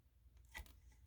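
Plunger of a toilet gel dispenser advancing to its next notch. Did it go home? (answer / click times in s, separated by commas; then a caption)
no / none. A button is pressed on a plastic Scrubbing Bubbles Fresh Gel toilet cleaning stamp dispenser to advance its plunger to the next notch. A short, sharp plastic sound is heard around 0.6 s over a low background hum, but the plunger does not click into the next hole, and nothing has clicked into place yet.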